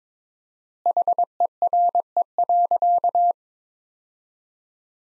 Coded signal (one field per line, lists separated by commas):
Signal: Morse code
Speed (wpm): 21 wpm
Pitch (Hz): 700 Hz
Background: none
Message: HERE.